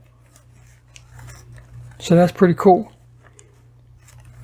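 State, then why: Seated. On a 1974 Hot Wheels Flying Customs Heavy Chevy, the folding plastic dash in the die-cast toy car body is flipped back up until it snaps into place, held by a small tab. Someone talks briefly in the middle over soft handling ticks, and a sharp, short click lands at 3.4 s as the dash seats.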